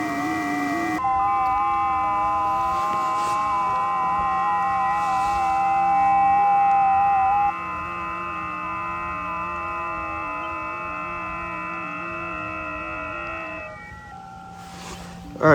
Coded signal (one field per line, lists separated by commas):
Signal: FT8